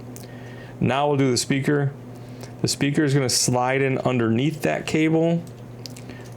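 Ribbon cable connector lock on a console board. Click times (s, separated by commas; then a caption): 0.2 s. A large ribbon cable is pushed by finger into its connector on a Nintendo Switch Lite console board, and the plastic locking flap is pressed down with a small click at 0.2 s, seating the cable and closing the lock. Someone then talks.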